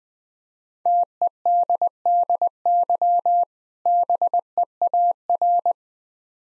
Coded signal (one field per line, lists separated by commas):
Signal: Morse code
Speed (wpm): 20 wpm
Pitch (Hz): 700 Hz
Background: none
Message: TEDDY BEAR